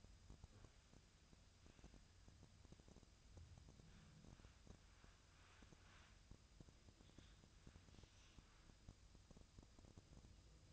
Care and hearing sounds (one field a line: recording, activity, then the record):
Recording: daily activity, microphone in the room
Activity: wipe stove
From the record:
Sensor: 2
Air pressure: 1004.7 hPa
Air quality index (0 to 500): 76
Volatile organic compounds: 1 ppm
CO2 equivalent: 904 ppm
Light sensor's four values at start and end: 7/16/6/6 and 7/16/6/6